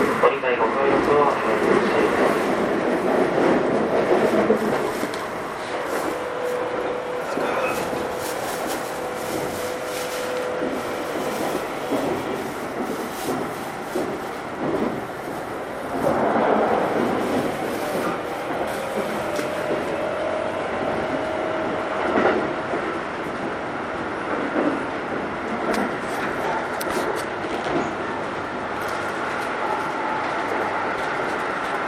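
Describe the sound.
A Keikyu New 1000 series train runs with a steady rumble and a rising and falling motor whine, a louder surge near sixteen seconds.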